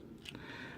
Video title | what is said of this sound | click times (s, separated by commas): MASTERGRADE MONDAY!: DOUBLE O-ctober MG 00 Raiser....mostly (part 1) | so it locks in place just like that | 0.3 s, 0.4 s